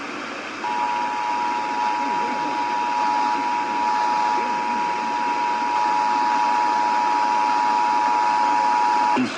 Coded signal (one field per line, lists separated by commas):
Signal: Emergency Alert System (SAME) tones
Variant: 853 and 960 Hz attention tone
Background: speech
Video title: EAS- San Francisco Bay Area RMT on KCBS-AM and San Joaquin Valley RMT on KMJ-AM